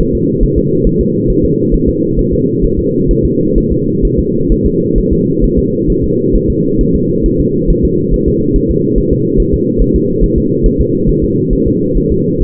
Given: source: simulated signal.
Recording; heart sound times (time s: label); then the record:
fetal heart sounds
0.00 s: S1
0.15 s: S2
0.43 s: S1
0.58 s: S2
0.87 s: S1
1.01 s: S2
1.30 s: S1
1.45 s: S2
1.74 s: S1
1.89 s: S2
2.19 s: S1
2.33 s: S2
2.65 s: S1
2.79 s: S2
3.11 s: S1
3.25 s: S2
3.58 s: S1
3.72 s: S2
4.05 s: S1
4.20 s: S2
4.52 s: S1
4.66 s: S2
4.98 s: S1
5.13 s: S2
5.44 s: S1
5.59 s: S2
5.90 s: S1
6.04 s: S2
6.36 s: S1
6.50 s: S2
6.81 s: S1
6.95 s: S2
7.26 s: S1
7.41 s: S2
7.70 s: S1
7.85 s: S2
8.14 s: S1
8.28 s: S2
8.56 s: S1
8.71 s: S2
8.98 s: S1
9.13 s: S2
9.40 s: S1
9.54 s: S2
9.82 s: S1
9.96 s: S2
10.24 s: S1
10.38 s: S2
10.66 s: S1
10.81 s: S2
11.09 s: S1
11.24 s: S2
11.53 s: S1
11.68 s: S2
11.97 s: S1
12.12 s: S2
12.42 s: S1
From the record:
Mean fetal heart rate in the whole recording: 135 bpm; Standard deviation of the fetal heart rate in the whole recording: 3 bpm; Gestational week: 36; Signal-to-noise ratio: -11.2 dB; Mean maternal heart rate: 72 bpm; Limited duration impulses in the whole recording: present